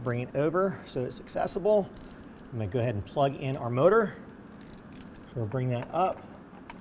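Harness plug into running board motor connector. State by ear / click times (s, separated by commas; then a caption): not seated / none. Someone talks while routing the wiring harness plug toward the running board motor connector of an AMP Research PowerStep Vision being installed on a 2021 Ford F-150, with a few faint handling ticks near 4.7, 5.2 and 6.7 seconds. The plug is only being handled, and nothing has seated or clicked yet.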